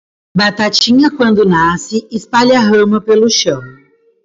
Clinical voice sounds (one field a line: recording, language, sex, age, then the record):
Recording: short text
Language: Brazilian Portuguese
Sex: female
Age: 30 to 39 years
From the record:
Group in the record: control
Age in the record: 31 years